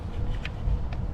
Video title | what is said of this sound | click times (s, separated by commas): Honda CR-V spark plug change 2002-2021 | sometimes you may have to get like a screwdriver and pull up on it there there we go all right you'll hear it pop | 0.5 s